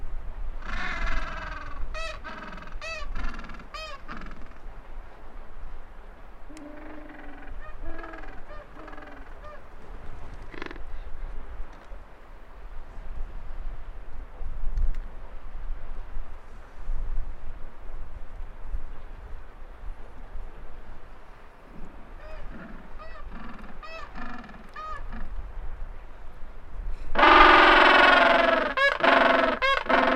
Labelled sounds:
Gentoo Penguin call

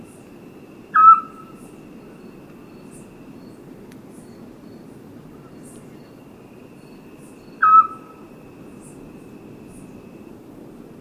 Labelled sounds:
Eurasian Scops Owl

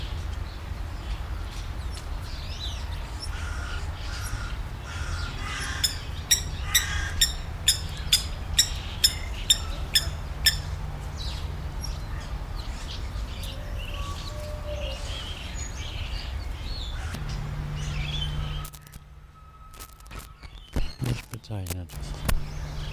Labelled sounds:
Blacksmith Lapwing call

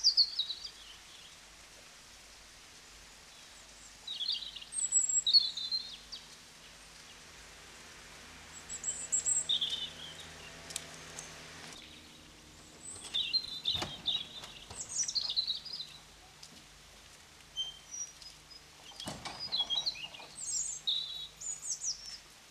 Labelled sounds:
European Robin song

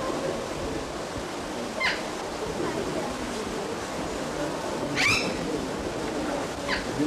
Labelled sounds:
Eclectus Parrot call

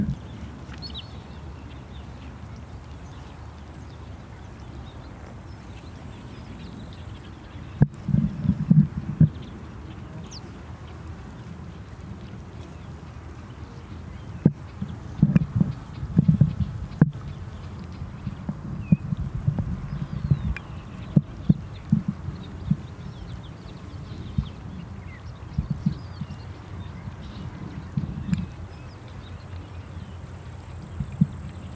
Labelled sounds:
Wood Sandpiper

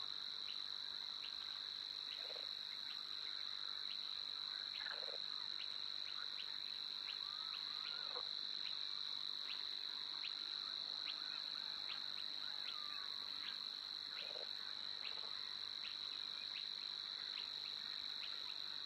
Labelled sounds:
Spotted Crake

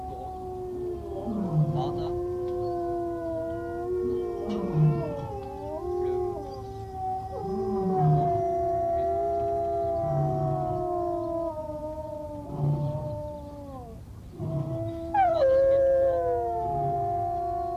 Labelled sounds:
Gray Wolf howling

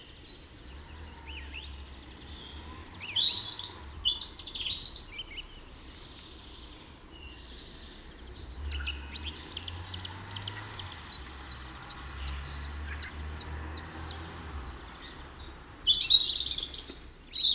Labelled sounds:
European Robin song

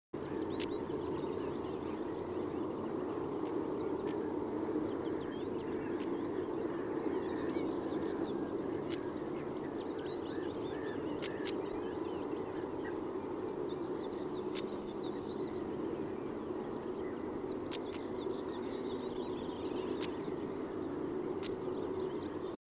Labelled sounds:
European Stonechat alarm call

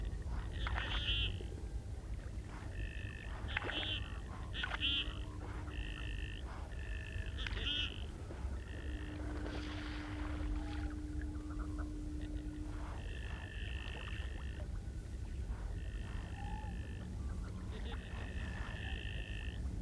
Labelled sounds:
Common Goldeneye call

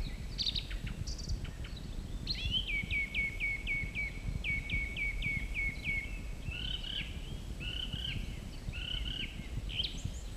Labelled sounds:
Song Thrush song

